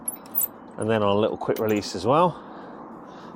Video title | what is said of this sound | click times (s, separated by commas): This folding Ebike is under £400 - and it’s brilliant! Hitway BK35 | the bar I likees it's got a double Locking System so it locks on a pin | 0.1 s, 0.4 s